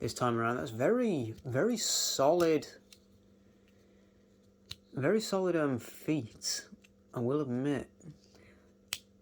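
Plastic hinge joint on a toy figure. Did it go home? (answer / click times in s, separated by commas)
yes / 8.9 s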